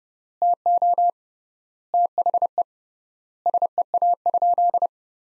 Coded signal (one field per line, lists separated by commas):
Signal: Morse code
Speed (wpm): 32 wpm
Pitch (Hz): 700 Hz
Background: none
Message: TO THE SEA?